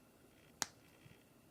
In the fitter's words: the new one which is a fist just snaps right in and